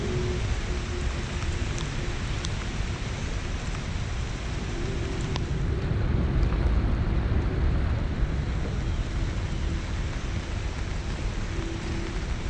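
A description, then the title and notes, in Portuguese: Steady rain while walking in Central Park, a dense hiss with a deep rumble running underneath the whole time. The sound swells slightly in the middle, around six to eight seconds. A faint hum comes and goes, with a few sharp ticks scattered through. Caminhando na chuva no Central Park em Manhattan Nova York. NYC Nature Rain Sounds ASMR.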